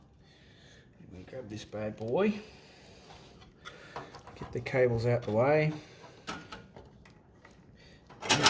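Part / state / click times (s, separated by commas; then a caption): graphics card into motherboard PCIe slot / not seated / none. A graphics card is handled over a motherboard's PCIe slot: the cables are moved aside and the card is lined up over the slot before being pushed home. Someone talks, with light knocks and taps around 4.0–4.3 s and 6.5–7.5 s and a louder burst of noise at the very end. Nothing has seated or clicked yet.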